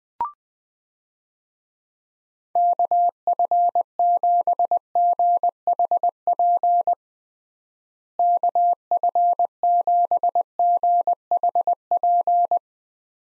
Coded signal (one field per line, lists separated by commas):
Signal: Morse code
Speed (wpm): 21 wpm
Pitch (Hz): 700 Hz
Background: none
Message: KF7GHP KF7GHP